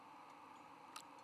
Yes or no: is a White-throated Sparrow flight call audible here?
no